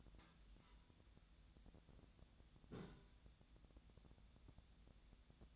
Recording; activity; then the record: daily activity, microphone in the room; take from stove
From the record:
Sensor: 3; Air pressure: 1010.0 hPa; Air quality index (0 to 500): 184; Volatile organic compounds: 13 ppm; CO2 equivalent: 2406 ppm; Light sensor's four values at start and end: 42/104/45/48 and 42/104/45/48